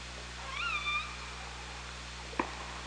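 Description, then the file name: Killer whale call, a single tonal cry with stacked harmonics lasting about half a second, then a sharp click, over steady underwater hiss and low hum. OrcaLab hydrophone, 24 August 2017, 17:39:15. "Orca Lab UTLN JASON 20170824 173915"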